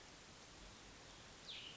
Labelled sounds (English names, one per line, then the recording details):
Cassin's Vireo
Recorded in Sonoma County, California